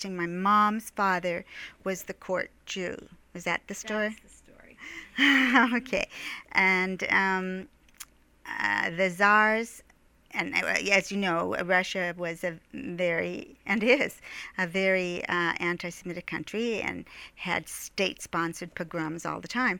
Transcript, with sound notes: My mom's father was the Court Jew. Is that the story?
That's the story.
(She laughs) Okay. And the Czars and they were, as you know, Russia was a very, and is, a very anti-Semitic country and had state-sponsored pogroms all the time.